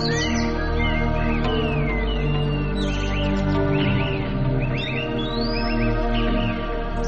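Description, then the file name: Bird chirps, scattered whistled slurs and a longer rising note, heard above loud sustained musical tones and a rumbling drone. "naturelax birds"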